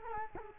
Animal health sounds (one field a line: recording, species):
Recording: mosquito wingbeat signal from an infrared sensor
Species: Culex quinquefasciatus